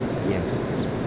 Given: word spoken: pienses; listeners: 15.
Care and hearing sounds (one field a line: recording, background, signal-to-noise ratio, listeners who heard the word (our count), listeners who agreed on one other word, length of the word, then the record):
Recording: one Spanish word in noise, from a listening test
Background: speech-shaped noise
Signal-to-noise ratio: -5.7 dB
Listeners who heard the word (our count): 0 of 15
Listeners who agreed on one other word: 14 of 15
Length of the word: 0.67 s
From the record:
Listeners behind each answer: 14, 1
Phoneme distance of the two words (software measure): 10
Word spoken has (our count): 2 syllables, 7 phonemes, stress on syllable 1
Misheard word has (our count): 2 syllables, 7 phonemes, stress on syllable 1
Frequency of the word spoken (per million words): 2.46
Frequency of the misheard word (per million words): 8.94